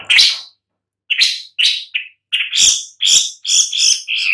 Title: Lanius Schach Sun